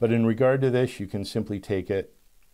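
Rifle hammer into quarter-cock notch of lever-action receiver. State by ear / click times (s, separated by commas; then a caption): not seated / none. Someone talks while handling the metal hammer of a Henry H001 .22 LR lever-action rifle, about to ease it down into the quarter-cock safety notch of the receiver. Only speech is heard. Nothing has seated or clicked yet.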